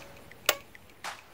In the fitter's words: you will hear a click so let's listen for that click see